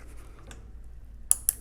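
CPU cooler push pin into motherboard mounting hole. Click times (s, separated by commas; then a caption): 1.3 s. A plastic push pin on a CPU cooler, not yet in, is pressed down into a mounting hole on an Asus Prime Z690-A motherboard. After faint ticks against a low hum, a sharp click at 1.3 s is followed by a second sharp tick at 1.5 s. The pin latches and is seated.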